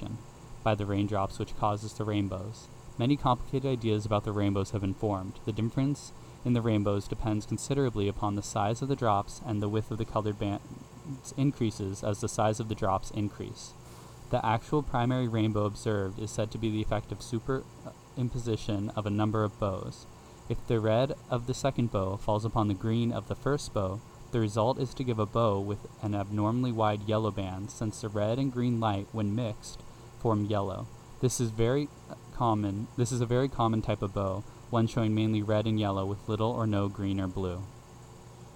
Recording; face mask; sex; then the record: reading aloud; none; male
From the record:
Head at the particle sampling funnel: facing it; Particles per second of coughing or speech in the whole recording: 0.425